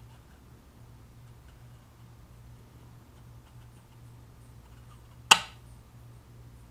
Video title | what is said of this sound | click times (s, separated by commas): Progressive Suspension Installed on my Harley-Davidson Road Glide - 444 & Monotube Cartridge | hear that little click | 5.3 s